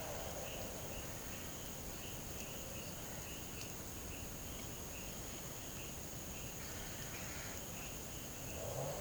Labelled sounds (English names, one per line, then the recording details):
none
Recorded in pastures near Puerto Asís, Putumayo, Colombia, on 22 June 2025 at 10:00
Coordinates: 0.472, -76.331
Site G095